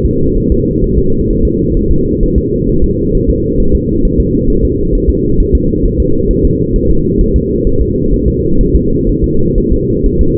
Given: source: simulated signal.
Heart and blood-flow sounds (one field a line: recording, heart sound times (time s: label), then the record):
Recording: fetal heart sounds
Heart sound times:
0.06 s: S2
0.38 s: S1
0.52 s: S2
0.84 s: S1
0.99 s: S2
1.30 s: S1
1.45 s: S2
1.77 s: S1
1.91 s: S2
2.23 s: S1
2.38 s: S2
2.69 s: S1
2.84 s: S2
3.15 s: S1
3.30 s: S2
3.60 s: S1
3.75 s: S2
4.05 s: S1
4.20 s: S2
4.50 s: S1
4.65 s: S2
4.95 s: S1
5.09 s: S2
5.40 s: S1
5.55 s: S2
5.86 s: S1
6.00 s: S2
6.31 s: S1
6.45 s: S2
6.76 s: S1
6.90 s: S2
7.21 s: S1
7.36 s: S2
7.67 s: S1
7.81 s: S2
8.13 s: S1
8.28 s: S2
8.61 s: S1
8.75 s: S2
9.09 s: S1
9.24 s: S2
9.58 s: S1
9.72 s: S2
10.06 s: S1
10.21 s: S2
From the record:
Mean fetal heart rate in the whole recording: 130 bpm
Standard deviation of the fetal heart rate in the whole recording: 4 bpm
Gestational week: 38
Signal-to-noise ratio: -16.4 dB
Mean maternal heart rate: 72 bpm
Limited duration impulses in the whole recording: present